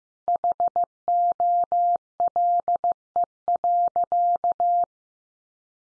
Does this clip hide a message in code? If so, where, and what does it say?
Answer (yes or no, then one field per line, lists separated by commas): yes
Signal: Morse code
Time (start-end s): 0.3-4.8 s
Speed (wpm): 15 wpm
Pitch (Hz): 700 Hz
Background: none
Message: HOLE.